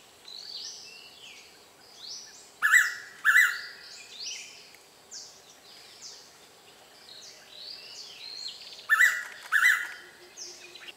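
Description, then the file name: Blue-winged pitta calls twice, each a loud paired whistle, around six seconds apart, with many other birds twittering at high pitch throughout. "p moluccensis"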